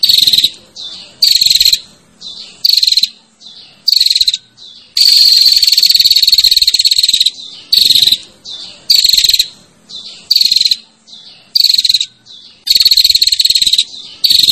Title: Suara Prenjak Betina Ngecirrr Memanggil Prenjak Jantan